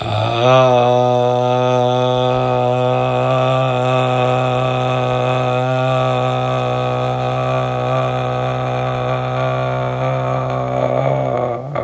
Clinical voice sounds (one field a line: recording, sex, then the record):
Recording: sustained vowel /a/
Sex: male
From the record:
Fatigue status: no fatigue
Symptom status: asymptomatic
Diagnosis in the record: COVID-19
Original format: m4a